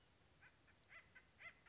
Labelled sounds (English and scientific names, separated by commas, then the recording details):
Acorn Woodpecker (Melanerpes formicivorus)
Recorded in Sonoma County, California